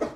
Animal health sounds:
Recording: pig call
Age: growing-finishing pig (85 days or more)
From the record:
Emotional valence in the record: positive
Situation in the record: run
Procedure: transit

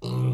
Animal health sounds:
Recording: pig call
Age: weaner (32 to 43 days)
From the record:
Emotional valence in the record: negative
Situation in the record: short isolation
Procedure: open field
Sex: female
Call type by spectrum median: low-frequency call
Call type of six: low-frequency stable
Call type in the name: low-frequency stable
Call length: 0.34 s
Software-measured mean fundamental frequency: 62 Hz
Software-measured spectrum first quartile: 127 Hz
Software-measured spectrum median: 183 Hz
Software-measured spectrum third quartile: 589 Hz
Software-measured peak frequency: 133 Hz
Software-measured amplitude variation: 70 dB a second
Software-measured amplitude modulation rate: 28.1 a second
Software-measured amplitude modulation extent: 2.5 dB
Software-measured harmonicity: 3.4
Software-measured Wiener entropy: -1.17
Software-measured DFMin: 1238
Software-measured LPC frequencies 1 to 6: 1060, 2474, 2922, 4018, 4882, 5982 Hz

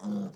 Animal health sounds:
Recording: pig call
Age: piglet (1 to 25 days)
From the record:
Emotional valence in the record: negative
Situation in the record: short isolation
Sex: male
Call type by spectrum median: low-frequency call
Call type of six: low-frequency modulated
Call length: 0.36 s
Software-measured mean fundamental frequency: 97 Hz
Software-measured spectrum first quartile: 202 Hz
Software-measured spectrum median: 237 Hz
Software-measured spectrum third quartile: 442 Hz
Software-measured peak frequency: 201 Hz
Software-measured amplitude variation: 119 dB a second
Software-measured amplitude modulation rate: 26.2 a second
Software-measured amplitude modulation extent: 4.5 dB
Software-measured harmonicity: 9.0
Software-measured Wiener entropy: -0.07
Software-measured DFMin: 1864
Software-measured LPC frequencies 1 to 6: 3447, 4879, 5944, 6768, 7694, 8795 Hz

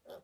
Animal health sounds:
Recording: pig call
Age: piglet (1 to 25 days)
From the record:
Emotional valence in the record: negative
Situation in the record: restrain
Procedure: back test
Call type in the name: low-frequency call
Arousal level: low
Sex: male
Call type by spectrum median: low-frequency call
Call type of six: low-frequency stable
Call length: 0.24 s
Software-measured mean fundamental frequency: 53 Hz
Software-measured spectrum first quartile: 523 Hz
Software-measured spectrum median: 692 Hz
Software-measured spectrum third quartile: 2208 Hz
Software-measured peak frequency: 561 Hz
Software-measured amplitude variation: 214 dB a second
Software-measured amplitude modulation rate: 12.6 a second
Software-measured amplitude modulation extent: 17.0 dB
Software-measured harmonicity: 5.0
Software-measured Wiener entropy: -1.89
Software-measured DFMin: 966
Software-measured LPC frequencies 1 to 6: 569, 1405, 3324, 4526, 5329, 6387 Hz

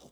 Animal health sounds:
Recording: pig call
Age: piglet (1 to 25 days)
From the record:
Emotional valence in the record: negative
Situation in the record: restrain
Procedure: sham castration, cut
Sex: male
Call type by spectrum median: low-frequency call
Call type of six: low-frequency tonal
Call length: 0.12 s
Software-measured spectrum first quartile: 386 Hz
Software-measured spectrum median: 1172 Hz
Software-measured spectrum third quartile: 5703 Hz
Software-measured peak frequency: 231 Hz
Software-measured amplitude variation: 115 dB a second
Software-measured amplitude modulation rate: 4.3 a second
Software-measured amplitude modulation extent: 27.1 dB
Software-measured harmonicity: 1.9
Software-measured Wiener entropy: -2.46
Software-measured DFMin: 1110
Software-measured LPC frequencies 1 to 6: 539, 3680, 4968, 5767, 7318, 8065 Hz

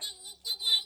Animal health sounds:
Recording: pig call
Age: piglet (1 to 25 days)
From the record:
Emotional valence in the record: negative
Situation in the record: restrain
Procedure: sham castration, cut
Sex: male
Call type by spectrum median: high-frequency call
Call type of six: high-frequency stable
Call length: 0.86 s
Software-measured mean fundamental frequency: 162 Hz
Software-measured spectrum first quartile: 3693 Hz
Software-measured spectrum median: 3985 Hz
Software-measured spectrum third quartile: 4732 Hz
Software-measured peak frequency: 3923 Hz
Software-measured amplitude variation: 233 dB a second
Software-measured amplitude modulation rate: 13.4 a second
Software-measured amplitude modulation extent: 17.5 dB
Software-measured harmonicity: 12.4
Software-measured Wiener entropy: -3.33

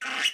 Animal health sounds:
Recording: pig call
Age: piglet (1 to 25 days)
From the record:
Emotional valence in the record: negative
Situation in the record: restrain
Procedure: in the arms of a person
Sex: female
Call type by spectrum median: high-frequency call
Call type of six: mixed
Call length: 0.34 s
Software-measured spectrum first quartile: 1808 Hz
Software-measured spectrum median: 2610 Hz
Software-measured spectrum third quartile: 3246 Hz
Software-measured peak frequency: 2895 Hz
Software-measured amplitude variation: 136 dB a second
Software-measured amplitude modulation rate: 21.9 a second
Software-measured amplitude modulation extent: 6.2 dB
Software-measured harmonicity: 2.1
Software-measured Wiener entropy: -1.62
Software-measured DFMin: 443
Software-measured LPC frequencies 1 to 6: 1562, 2098, 2869, 4757, 5903, 6528 Hz

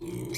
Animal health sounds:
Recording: pig call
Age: weaner (32 to 43 days)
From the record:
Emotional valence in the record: negative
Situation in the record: novel object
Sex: female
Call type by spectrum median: low-frequency call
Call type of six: mixed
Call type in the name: high-frequency modulated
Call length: 0.38 s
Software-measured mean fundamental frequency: 203 Hz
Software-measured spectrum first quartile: 268 Hz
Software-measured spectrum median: 953 Hz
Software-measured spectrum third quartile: 5149 Hz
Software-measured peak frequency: 344 Hz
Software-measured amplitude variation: 125 dB a second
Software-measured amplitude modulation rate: 23.9 a second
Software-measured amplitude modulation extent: 5.2 dB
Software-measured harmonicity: 6.2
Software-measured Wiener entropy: -4.54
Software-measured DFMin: 981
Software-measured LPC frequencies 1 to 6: 346, 2262, 3421, 4156, 5181, 6109 Hz

